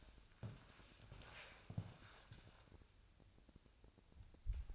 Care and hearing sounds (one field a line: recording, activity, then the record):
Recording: daily activity, microphone in the room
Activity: walk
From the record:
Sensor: 2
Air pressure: 1000.3 hPa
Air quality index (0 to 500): 161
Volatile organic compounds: 3 ppm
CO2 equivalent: 1348 ppm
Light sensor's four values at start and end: 14/37/15/17 and 14/38/15/17